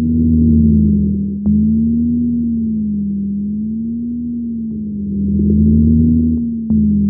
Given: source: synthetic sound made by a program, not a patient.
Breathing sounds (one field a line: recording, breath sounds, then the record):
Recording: synthetic breath sounds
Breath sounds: wheeze and crackles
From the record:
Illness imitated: heart failure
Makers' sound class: wheeze and crackles